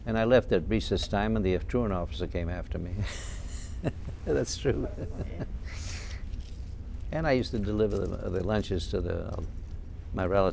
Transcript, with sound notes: And I left at recess time, and the truant officer came after me. ( he laughs ) That's true. And I used to deliver the lunches to my relatives.